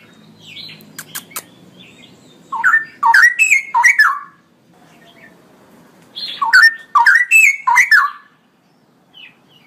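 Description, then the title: Straw-headed bulbul song, two loud bubbling bursts of rich warbled notes about four seconds apart, with quieter high chirps and ticks around them. Male bird, singing constantly in a loud voice with long rolling phrases; recording meant for training other birds. "GILEEE Cucak ROWO Jantan GACOR Suara Lantang ROoo EL Panjang"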